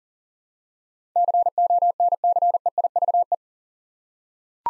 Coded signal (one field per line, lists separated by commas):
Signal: Morse code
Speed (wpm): 40 wpm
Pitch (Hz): 700 Hz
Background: none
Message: CONCEIVE